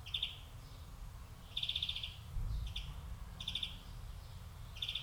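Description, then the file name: European greenfinch giving short trilled twitters, brief bursts repeated every second or two, with a low rumble of background noise throughout. "Chloris chloris"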